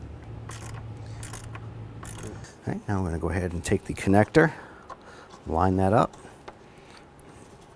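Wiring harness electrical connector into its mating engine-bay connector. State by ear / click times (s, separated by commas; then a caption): seated / 6.5 s. A plastic wiring harness electrical connector is lined up and pressed into its mating connector in the engine bay of a 2005 Jeep Liberty while someone talks. Faint handling clicks and rustles come before a short click at 6.5 s as the connector seats into place.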